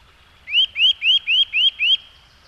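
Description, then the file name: Eurasian nuthatch calling six loud upslurred whistles, each rising sharply, spaced about a quarter second apart in a short series. "csuszka"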